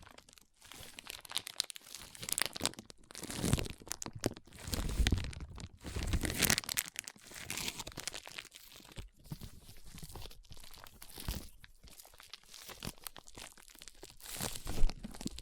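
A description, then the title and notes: Dry crunching and crinkling of foam being squeezed and rubbed, in quick irregular bursts with brief silent gaps. Louder swells come around three, six and near the end. ASMR Powerful Foam Brain Massage.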